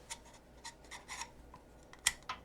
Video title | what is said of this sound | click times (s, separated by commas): How To Install Gamdias Chione P5 CPU Cooler AIO | You just place them in here until it snaps, just like that. | 2.1 s